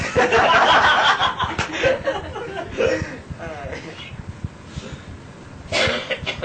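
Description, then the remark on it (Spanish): Rough, breathy coughs mixed with snickering laughter, with a loud opening stretch, quieter sputters in the middle and a final harsh burst near the end. “No, pues tose. Por lo menos tiramos demonios cuando tosemos.”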